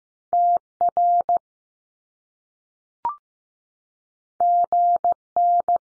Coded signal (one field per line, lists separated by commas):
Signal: Morse code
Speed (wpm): 15 wpm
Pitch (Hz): 700 Hz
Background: none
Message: T RG N